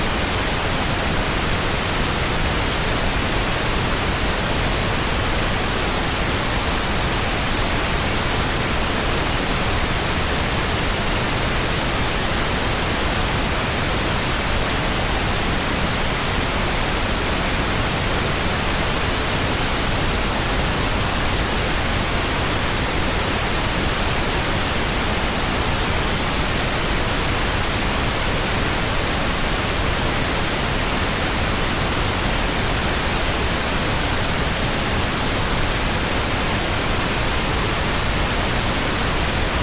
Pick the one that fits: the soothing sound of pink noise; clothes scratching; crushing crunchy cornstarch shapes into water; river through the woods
the soothing sound of pink noise